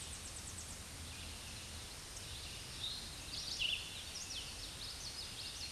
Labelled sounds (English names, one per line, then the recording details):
Red-eyed Vireo song
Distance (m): 40 m
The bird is about 20 m above the microphone
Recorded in a Pennsylvania forest on 16 May 2024 at 07:59
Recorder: AudioMoth, point MSD-2163
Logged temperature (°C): 16.1 °C
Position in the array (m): 190 m, 165 m